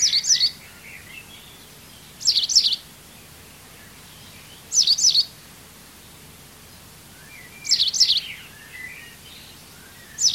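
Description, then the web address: Bird giving short, high chirping bursts about every two and a half seconds, with softer twittering between them over a quiet background. "cianscape birddata Deverinetal 2025"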